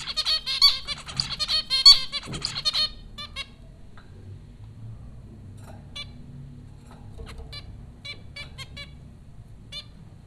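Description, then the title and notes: Zebra finch calls, a burst of rapid nasal beeps in the first three seconds, then sparse scattered notes over a low hum. Several zebra finches recorded at Popcorn School, Flatbush, Brooklyn, New York, in April 2009. "Dronecast No. 030: The Popcorn Finches Four from Apr 15, 2009. Zebra finches recorded by Dan Bodah at Popcorn School, Flatbush, Brooklyn NY in April 2009"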